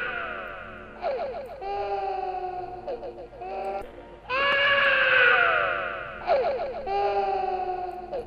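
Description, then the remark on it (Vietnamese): Eerie crying mixed with laughter from a young boy in the rain at a window: a series of loud, high, wavering wails that slide up and down in pitch, broken by short bursts and choppy laugh-like sobs, with no talking. “Những cái tiếng cười và tiếng khóc nghe rợn người lắm.”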